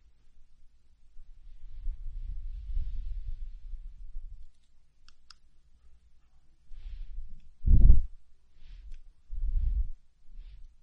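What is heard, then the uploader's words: Muffled scraping and rubbing in short bursts, with a firmer thump near eight seconds and faint ticks between quiet gaps. Super comfortable ear picking experience.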